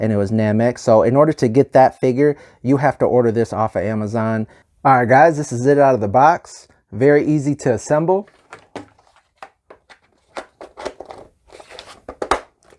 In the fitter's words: snaps right in there